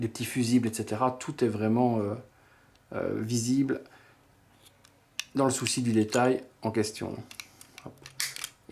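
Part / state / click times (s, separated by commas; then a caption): hinged armor panel into figure torso / seated / 8.2 s. An opened plastic armor panel on a Hot Toys Mark 21 Midas gold chrome collectible figure is pressed closed into the figure's torso while someone talks. A few light taps and clicks follow. The panel clips shut with a sharp click at 8.2 s.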